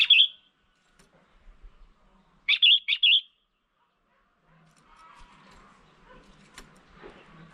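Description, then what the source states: Red-whiskered bulbul calling: a quick bright note, then a lively three-part chirping phrase, followed by faint rustling and scattered clicks. Female bird.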